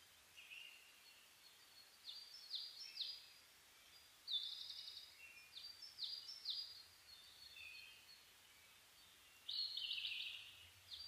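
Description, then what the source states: Bird song: irregular phrases of quick, high whistled and falling notes, mixed with a lower warble, broken by short quiet gaps. Dawn chorus (reimei) of birdsong (saezuri), 10 May 2010.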